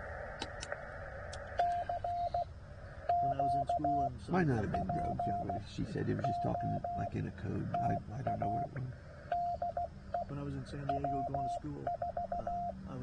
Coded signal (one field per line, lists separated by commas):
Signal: Morse code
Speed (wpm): 16 wpm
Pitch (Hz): 700 Hz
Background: speech, radio noise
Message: CQ POTA DE W4